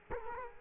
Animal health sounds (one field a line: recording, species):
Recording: mosquito wingbeat signal from an infrared sensor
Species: Culex quinquefasciatus